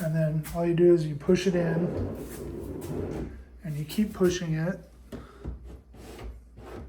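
A drawer box sitting on top of extended undermount slide rails in a bathroom vanity cabinet is pushed in along the rails toward the rear locking devices underneath. Someone talks throughout over faint sliding and rubbing sounds. Nothing has seated or clicked yet.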